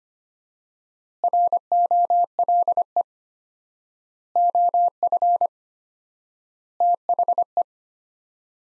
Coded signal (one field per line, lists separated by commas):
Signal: Morse code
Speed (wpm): 25 wpm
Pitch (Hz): 700 Hz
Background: none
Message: ROLE OF THE